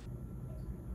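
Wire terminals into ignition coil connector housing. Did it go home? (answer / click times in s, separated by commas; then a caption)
no / none. Two crimped wire terminals are being handled for insertion into the plastic ignition coil pack connector housing of a Lexus GS 300, with a rubber weatherproofing seal around the wires. Only a steady low rumble is heard, with no sharp sounds. Nothing has seated or clicked yet.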